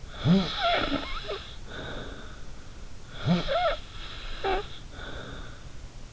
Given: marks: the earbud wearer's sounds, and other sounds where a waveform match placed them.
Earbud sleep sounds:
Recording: sounds in sleep by an in-ear microphone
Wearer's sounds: snoring breath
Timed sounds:
0.14-2.50 s: snoring breath
3.08-5.73 s: snoring breath

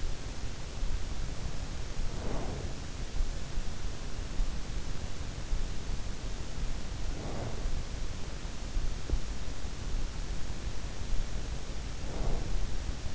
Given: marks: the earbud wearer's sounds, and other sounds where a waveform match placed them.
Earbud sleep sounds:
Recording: sounds in sleep by an in-ear microphone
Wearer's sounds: breath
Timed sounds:
2.07-2.76 s: breath
6.78-8.05 s: breath
11.41-12.60 s: breath

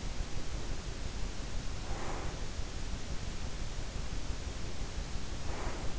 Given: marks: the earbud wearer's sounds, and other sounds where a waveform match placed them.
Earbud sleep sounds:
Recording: sounds in sleep by an in-ear microphone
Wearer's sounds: breath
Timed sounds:
0.25-2.62 s: breath
4.11-5.99 s: breath

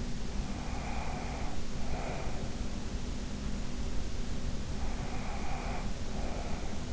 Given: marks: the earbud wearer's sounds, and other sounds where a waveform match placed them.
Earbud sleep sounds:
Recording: sounds in sleep by an in-ear microphone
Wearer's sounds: breath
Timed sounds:
0.36-2.55 s: breath
5.10-6.93 s: breath

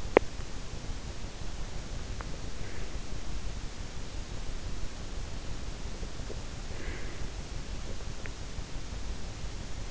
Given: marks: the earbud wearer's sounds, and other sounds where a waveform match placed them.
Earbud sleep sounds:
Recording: sounds in sleep by an in-ear microphone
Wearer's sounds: teeth grinding, breath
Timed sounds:
0.00-0.42 s: teeth grinding
6.53-7.35 s: breath

